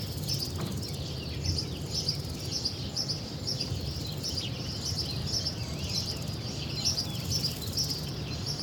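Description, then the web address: Insects chirping in short high bursts, somewhat irregular, with twittering birds and a low rumbling background. Nature ambience recorded in Spain, with cicadas, crickets, other insects and birds. "GDC 2024-Game Audio Bundle Jake Fielding - Sounds of Spain AMBBird Cicadas, Crickets, Insects, Birds, Nature"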